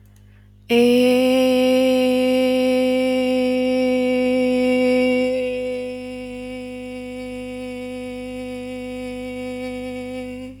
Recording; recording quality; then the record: sustained vowel as in made; moderate, slight background noise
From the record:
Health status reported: healthy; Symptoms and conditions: none ticked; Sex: female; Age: 28 years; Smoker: not ticked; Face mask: not worn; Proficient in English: yes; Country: India